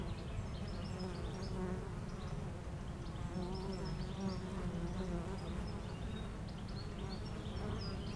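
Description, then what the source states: Honey bees sustain a continuous low humming buzz, with soft, scattered bird chirps high above throughout. Foraging honey bees flying back and forth to flowers between two hives in a garden apiary, Aix-les-Bains, France; a few birds in the neighbouring wood.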